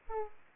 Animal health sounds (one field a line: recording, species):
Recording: mosquito wingbeat signal from an infrared sensor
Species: Aedes aegypti